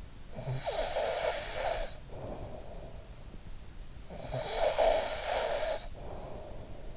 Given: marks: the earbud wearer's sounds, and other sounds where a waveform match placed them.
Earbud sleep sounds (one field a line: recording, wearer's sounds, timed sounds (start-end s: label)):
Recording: sounds in sleep by an in-ear microphone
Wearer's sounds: snoring breath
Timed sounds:
0.11-2.63 s: snoring breath
3.77-6.97 s: snoring breath